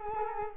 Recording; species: mosquito wingbeat signal from an infrared sensor; Culex quinquefasciatus